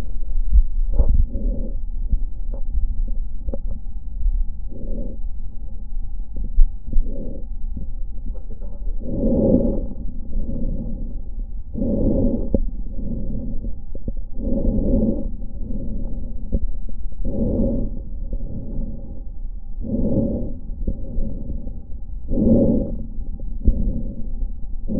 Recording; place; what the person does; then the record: lung sounds by stethoscope; left posterior basal chest; quiet breathing, then deep breathing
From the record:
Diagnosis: interstitial lung disease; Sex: female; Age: 70 years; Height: 160 cm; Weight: 93 kg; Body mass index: 36.3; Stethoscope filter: diaphragm mode